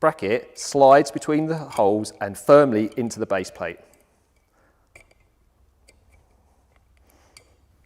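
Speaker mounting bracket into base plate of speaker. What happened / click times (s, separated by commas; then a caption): The bracket is being slid into place but has not yet clicked home / none. Someone talks for the first four seconds as the back bracket of a Mountson MS11PA Premium Wall Mount (for Sonos One, One SL and Play:1) is threaded over the cable and slid between the holes toward the speaker's base plate. Only a few faint ticks follow, around 5.0, 5.9 and 7.4 seconds. Nothing has clicked into place yet.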